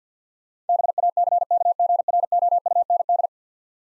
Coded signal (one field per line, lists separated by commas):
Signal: Morse code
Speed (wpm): 50 wpm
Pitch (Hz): 700 Hz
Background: none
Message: BACKGROUND